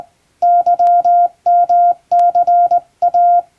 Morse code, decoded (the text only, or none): YMCA